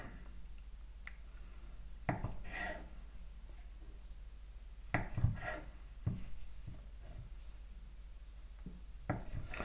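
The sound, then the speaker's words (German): A knife cuts food on a board into cubes of about one centimetre edge length, first horizontally, then lengthwise, then several times crosswise, in a series of irregular, dull thuds and soft scrapes, several cuts spaced a second or two apart over a low steady hum. “Dann längst und jetzt schneide ich noch ein paar Mal quer runter.”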